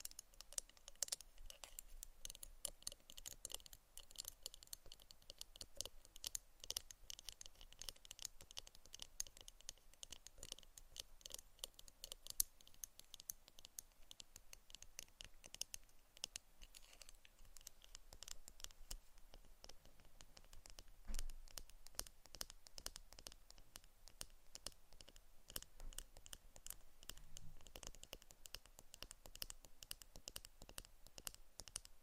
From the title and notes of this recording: ASMR Tapping and Scratching for Sleep (No Talking).